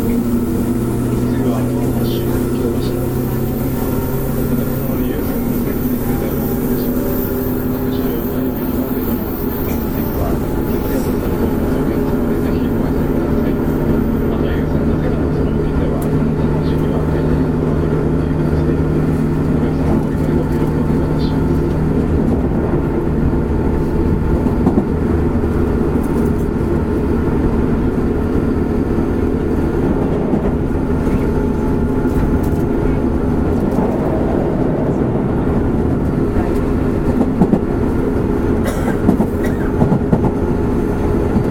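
Running noise of a JR West 201 series train on the Osaka Loop Line, a steady, dense low rumble with humming motor tones that shift in pitch. A high whine fades out around fifteen seconds, and faint clicks and voices surface now and then.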